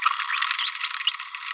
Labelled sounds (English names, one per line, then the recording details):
Green-rumped Parrotlet babbling
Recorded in a nest box in Venezuela
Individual 18B25A5